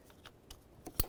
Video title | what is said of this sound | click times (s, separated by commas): How to Replace Fuel Rail Pressure Sensor 2006-10 Ford Explorer | Listen for that click. | 1.0 s